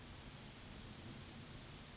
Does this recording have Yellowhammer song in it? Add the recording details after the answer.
yes. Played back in grassland. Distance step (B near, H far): E. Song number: 028